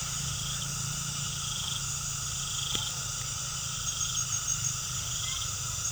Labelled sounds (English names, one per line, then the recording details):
none
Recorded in pastures near Puerto Asís, Putumayo, Colombia, on 12 March 2025 at 18:30
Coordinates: 0.497, -76.327
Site G072